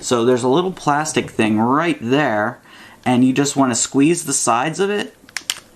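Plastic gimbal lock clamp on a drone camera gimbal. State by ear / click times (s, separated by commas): released / 5.4 s, 5.5 s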